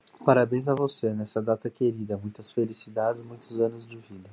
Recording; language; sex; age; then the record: short text; Brazilian Portuguese; male; 30 to 39 years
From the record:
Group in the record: control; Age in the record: 30 years